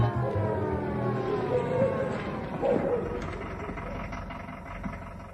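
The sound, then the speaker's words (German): A police siren, heard from far away, wails in sweeping tones over the steady engine rumble of a black-green Mercedes 220 police car with a blue warning light, then the siren fades as the car rolls to a stop at an Aral petrol station in July heat, the engine running low. “Ihre Sirene war ja schon von weitem zu hören.”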